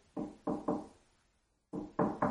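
Someone knocks on a door in two bursts of three raps each, with a short pause between them. The knocks are firm, hollow and evenly spaced.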